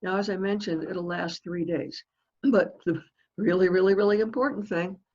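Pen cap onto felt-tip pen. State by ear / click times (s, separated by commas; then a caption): not seated / none. Someone talks while handling a plastic cap for a Pilot Razor Point fine-point felt-tip pen, which is being pushed back onto the pen to keep it from drying out. Only speech is heard, and the cap has not clicked or seated yet.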